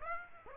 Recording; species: mosquito wingbeat signal from an infrared sensor; Aedes aegypti